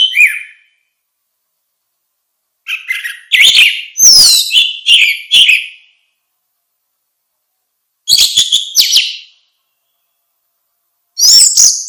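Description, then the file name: Orange-headed thrush song: loud bursts of varied whistled and scratchy phrases, mostly high-pitched, separated by silent pauses of a few seconds. "suara kicau burung anis merah"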